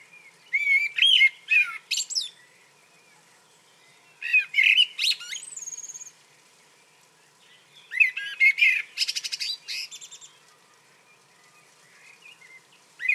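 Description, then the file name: Common blackbird song in three phrases, each a mellow warble that breaks into a shrill twittering flourish, separated by brief silent gaps. "Turdus merula"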